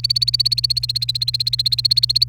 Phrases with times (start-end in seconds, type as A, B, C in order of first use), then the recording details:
0.00-2.24 A. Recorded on 28 April 2018 at 17:55. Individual llb3